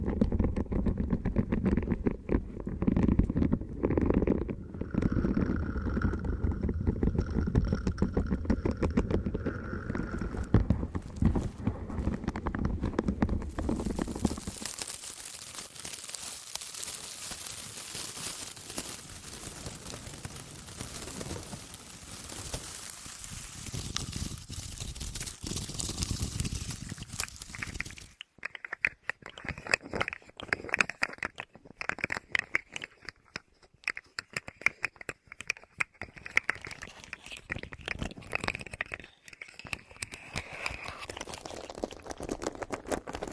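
Crinkly, scratchy ear sounds with dense clicky crackling throughout. The first fifteen seconds are deep and muffled with low rumbling rubs, then the sound turns bright and hissy, and after about 28 seconds it becomes sharper and more clicky, with brief pauses.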